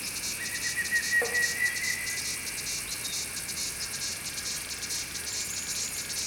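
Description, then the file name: Squeakers calling in a high, pulsing chorus, with a thin whistled note near the start. "Andrew Skeoch - Montane and Black Squeakers"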